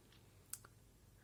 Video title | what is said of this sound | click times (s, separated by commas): A look inside an old Endoscopy Device | it clicks into place here so i think this is to um | 0.5 s